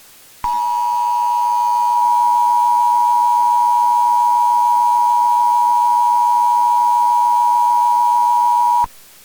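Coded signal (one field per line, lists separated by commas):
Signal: Emergency Alert System (SAME) tones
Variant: 853 and 960 Hz attention tone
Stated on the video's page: Fan-made fictional EAS scenario, made as a birthday collaboration piece.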